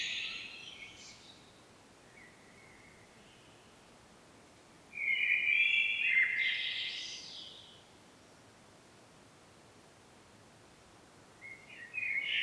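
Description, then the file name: Common blackbird song: a mellow warbled phrase near the start, a louder fluting phrase with a high twittering end midway, and another phrase beginning at the close, with quiet gaps between. "Turdus merula"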